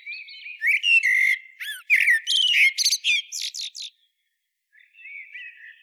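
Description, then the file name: Common blackbird song: rich warbled whistles running into a rapid series of high, scratchy twittering notes, then quiet, subdued warbling after a short pause. "Turdus merula"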